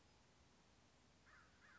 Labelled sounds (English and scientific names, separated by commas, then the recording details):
American Crow (Corvus brachyrhynchos)
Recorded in Sonoma County, California